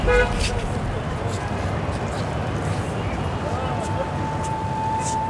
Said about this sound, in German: Gehupt wird, damit der neben oder vor dir eine Lücke lässt. Gehupt wird aber auch im Stau, wenn sich gar nichts mehr bewegt. Und das passiert oft in dieser Riesenstadt. Tja, nicht umsonst heißt es hier, dass die Hupe wichtiger sei als das Lenkrad.